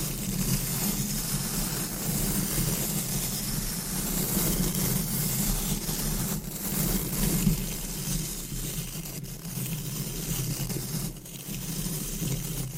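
Deep scratching, brushing and stroking on a microphone, a continuous dense rubbing with a heavy low rumble underneath and a hissy wash on top. The level stays fairly even, with a few brief breaks in the strokes near 6, 9 and 11 seconds.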